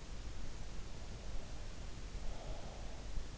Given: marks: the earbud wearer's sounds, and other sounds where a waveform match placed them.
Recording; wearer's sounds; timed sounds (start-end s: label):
sounds in sleep by an in-ear microphone; breath
1.26-3.29 s: breath